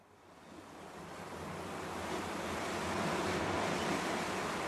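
Ocean surf rushes and roars steadily, the wash of waves swelling gradually louder over a few seconds, with a low rumble underneath and no voices.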